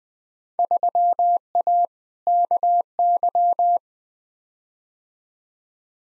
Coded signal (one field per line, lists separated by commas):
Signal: Morse code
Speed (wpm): 20 wpm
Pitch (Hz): 700 Hz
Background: none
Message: 3A KY